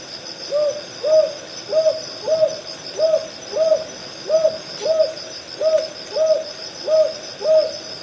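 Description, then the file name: Northern boobook hooting in repeated paired notes, soft and mellow, evenly paced throughout, with a continuous high-pitched insect drone behind. "aobazuku"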